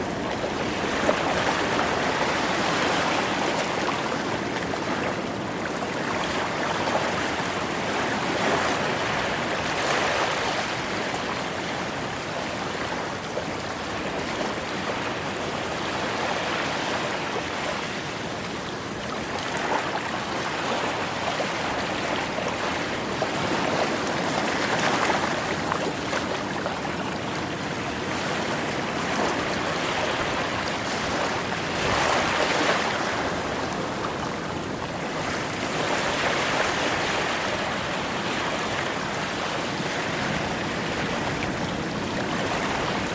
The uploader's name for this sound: Secret Beach Ocean Waves White Noise